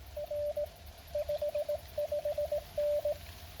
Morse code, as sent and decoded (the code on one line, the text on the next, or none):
.-. / ..... ..... -.
R 55N